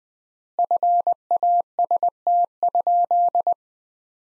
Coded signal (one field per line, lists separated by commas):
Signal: Morse code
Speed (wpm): 20 wpm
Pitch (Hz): 700 Hz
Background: none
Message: FAST?